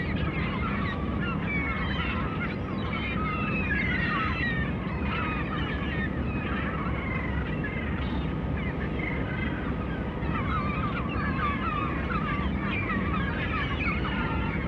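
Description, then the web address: Gulls calling constantly, a flock of overlapping mewing and yelping cries, some rising and falling, over a steady low rumble like surf or wind. "Madacy Music Group Inc 292 Sound Effects. Sea Gulls"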